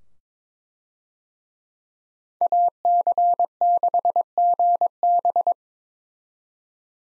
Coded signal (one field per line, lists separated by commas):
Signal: Morse code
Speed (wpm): 22 wpm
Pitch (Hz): 700 Hz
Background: none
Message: AC6GB